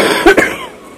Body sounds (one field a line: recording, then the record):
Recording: coughing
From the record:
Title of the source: 31 night wet cough